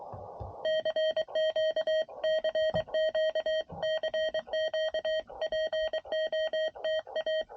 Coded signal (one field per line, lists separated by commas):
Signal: Morse code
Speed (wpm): 23 wpm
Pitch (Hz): 630 Hz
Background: none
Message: CQ CQ CQ POTA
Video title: CW POTA Activates Secret Agent